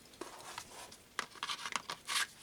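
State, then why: Not seated. A 20V lithium-ion battery pack is handled at the base of an INGCO P20S 20V brushless cordless impact wrench. Several short scraping and tapping hits are heard, with the strongest around 1.2 s and 1.8 s and a louder rasp near 2.1–2.2 s. Nothing has seated or clicked into place yet.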